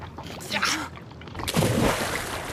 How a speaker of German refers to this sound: Wie ein Sack warf Gabriel den Griechen ins Meer. Die Gewichte zogen ihn in die Tiefe.